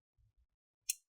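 An internal plastic part or bracket of an Xbox Series S console is lined up with its screw hole and pressed down into the chassis on a flat surface. A few soft, low thumps are heard around 0.2–0.4 s, then a sharp, bright click at 0.9 s as the part seats in place.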